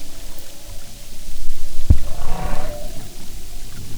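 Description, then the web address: Humpback whale song unit: a brief low pulse followed by a short buzzy, rough burst in noisy underwater surroundings. "Sound and Marine Mammals humpback"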